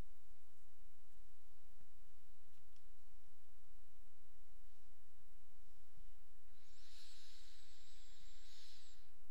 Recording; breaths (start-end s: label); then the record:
nose breathing near a microphone
6.50-9.31 s: inhalation
From the record:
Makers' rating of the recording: medium